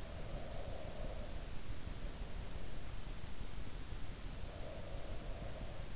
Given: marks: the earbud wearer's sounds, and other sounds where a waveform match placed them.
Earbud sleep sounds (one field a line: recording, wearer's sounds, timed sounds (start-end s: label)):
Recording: sounds in sleep by an in-ear microphone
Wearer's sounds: breath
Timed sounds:
0.08-1.56 s: breath
4.54-5.96 s: breath